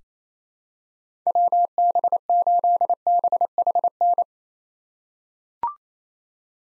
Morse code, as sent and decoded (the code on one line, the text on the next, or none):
.-- -... ---.. -... .... -.
WB8BHN